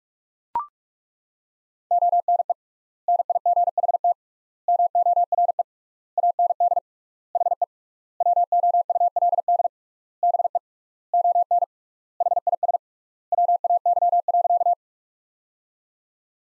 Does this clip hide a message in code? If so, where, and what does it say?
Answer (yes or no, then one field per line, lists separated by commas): yes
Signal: Morse code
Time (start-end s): 1.9-14.7 s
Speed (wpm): 41 wpm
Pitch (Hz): 700 Hz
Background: none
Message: ONE NIGHT MORE AND HE WOULD BE ON HIS WAY.